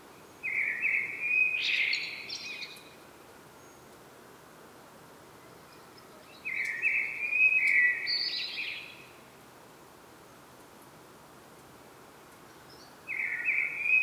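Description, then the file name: Common blackbird repeating a loud, mellow fluted phrase with a scratchy high ending, three times at intervals of about six seconds. "Turdus merula"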